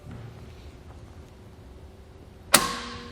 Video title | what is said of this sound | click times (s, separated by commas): etrailer - In-Depth Review of the Thule T2 Pro XTR Bike Rack for 2 Bikes | and it snaps right back in place | 2.5 s